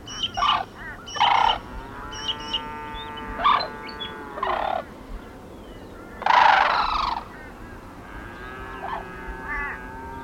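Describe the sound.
Sarus crane calling in a series of short, harsh blasts, one longer louder burst midway, with drawn-out tonal notes in between.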